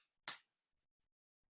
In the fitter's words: click it closed with a lovely satisfying click once you're happy.